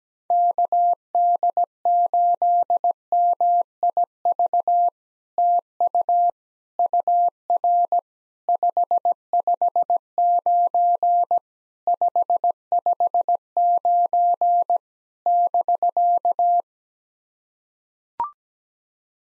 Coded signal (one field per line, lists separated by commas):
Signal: Morse code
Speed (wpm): 17 wpm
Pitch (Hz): 700 Hz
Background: none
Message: KD8MIV TU UR 559 559 <BK>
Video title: POTA QSO Practice - 17wpm